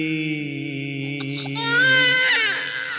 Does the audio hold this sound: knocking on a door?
no